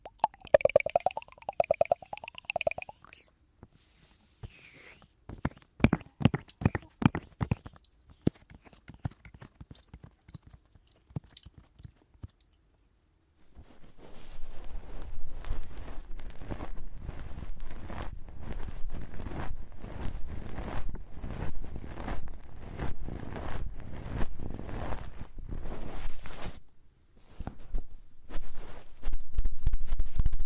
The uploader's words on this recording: ASMR Relaxing Ear Eating Sleep Time.